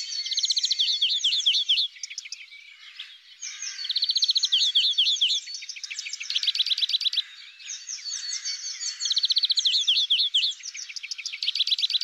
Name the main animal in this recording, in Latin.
Chloris chloris